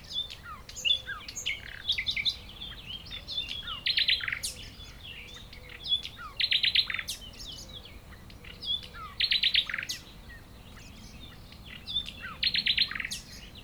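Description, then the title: Common nightingale song with loud rapid trilled bursts and varied chirps, recurring every few seconds. Several nightingales singing near Chindrieux, France; recordist a few meters from the foreground singer. "195 Rue de Vars, Chindrieux, France - Rossignols"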